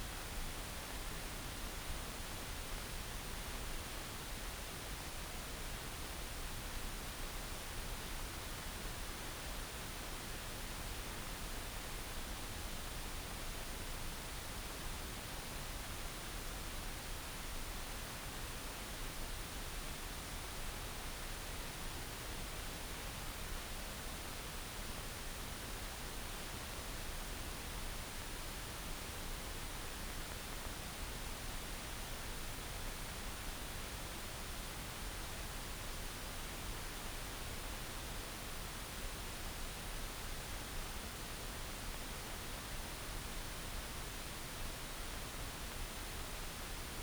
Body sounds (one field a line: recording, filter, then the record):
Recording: brain microelectrode recording played as sound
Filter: wide band, above 20 Hz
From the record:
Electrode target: subthalamic nucleus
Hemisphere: right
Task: reaching with the left hand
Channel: 1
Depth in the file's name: 5.102 mm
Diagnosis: Parkinson's disease